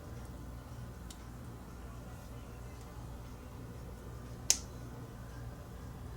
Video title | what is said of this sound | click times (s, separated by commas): Electronics Calculator Kit Build | the button like that and then the top of the button or the bottom of the button just snaps in place | 4.5 s